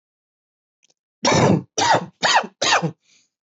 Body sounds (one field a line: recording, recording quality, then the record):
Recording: heavy voluntary cough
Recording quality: excellent, no background noise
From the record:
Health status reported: healthy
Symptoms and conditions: none ticked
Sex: male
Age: 25 years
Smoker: yes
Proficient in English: yes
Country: India